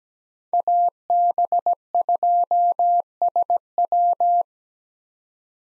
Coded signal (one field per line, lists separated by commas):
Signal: Morse code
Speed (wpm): 17 wpm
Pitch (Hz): 700 Hz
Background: none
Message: AB2SW